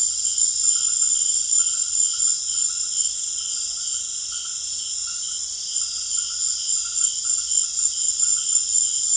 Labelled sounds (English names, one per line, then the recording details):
none
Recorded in secondary vegetation near Puerto Asís, Putumayo, Colombia, on 25 June 2025 at 19:00
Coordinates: 0.500, -76.326
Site GP08